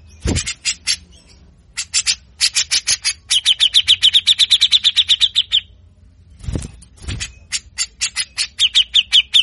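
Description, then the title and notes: Grey-cheeked bulbul chattering harshly, with a long steady run of quick grating notes in the middle and a few low thumps. Master recording for training caged birds; bird singing actively in full harsh besetan (rasping chatter) style; said to draw a response from any bird of this species. "MASTERAN CUCAK JENGGOT GACOR FULL BESETAN KASAR DURASI PANJANG !!!. Langsung Respon Cucak Jenggot Model Apapun Dengar Besetanya. Burung cucak jenggot"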